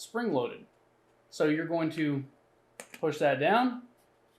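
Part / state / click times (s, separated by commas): phone case onto spring-loaded boat phone mount / not seated / none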